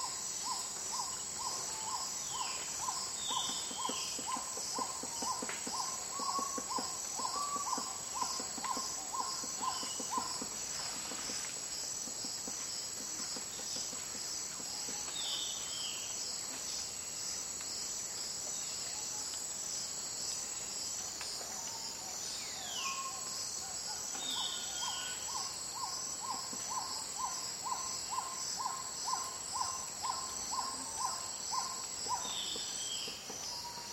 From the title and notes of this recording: Amazon Rainforest Waking Up. I'm deep in the Amazon rainforest, sleeping on an open platform with just a thin mosquito net between me and the jungle. The sounds of the rainforest.